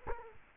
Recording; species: mosquito wingbeat signal from an infrared sensor; Culex quinquefasciatus